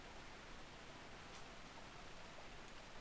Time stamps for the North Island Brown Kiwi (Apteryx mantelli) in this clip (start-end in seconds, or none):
none